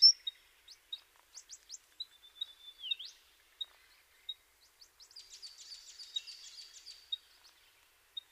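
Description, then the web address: Eastern spinebill calls: scattered thin, high pips, one slurred whistle rising sharply, then a brief flurry of rapid twittering notes before single pips resume. "sound Eastern-spinebill. صدای-پرنده-خوار-نوک-شرقی"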